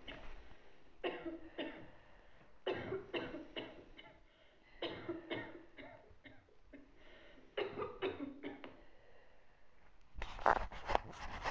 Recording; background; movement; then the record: deep breathing; a bystander coughing; sitting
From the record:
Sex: female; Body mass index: 36.4 kg/m2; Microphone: on the chest, facing outward